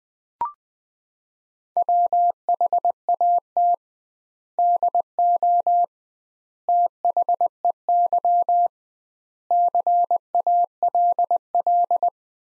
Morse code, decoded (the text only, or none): WHAT DO THEY CALL